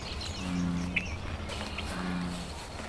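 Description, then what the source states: American bullfrog bass calls, two deep droning notes about a second and a half apart. Two males calling, each asserting it is stronger, bigger and better to repel the other; unwelcome there because bullfrogs eat native frogs such as leopard frogs.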